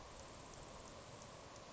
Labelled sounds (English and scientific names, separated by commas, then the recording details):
Grasshopper Sparrow (Ammodramus savannarum)
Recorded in Sonoma County, California